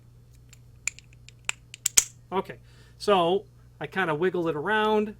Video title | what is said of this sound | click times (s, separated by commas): Kaba Ilco 7205SX1 26 converted into 2-1/4" length cylinder for a Corbin Russwin ML2000 lock | so I kind of wiggled it around got it to snap in place now it's definitely where it belongs | 1.9 s, 2.0 s